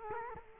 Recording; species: mosquito wingbeat signal from an infrared sensor; Culex quinquefasciatus